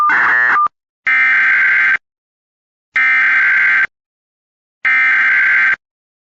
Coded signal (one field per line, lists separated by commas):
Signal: Emergency Alert System (SAME) tones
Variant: header bursts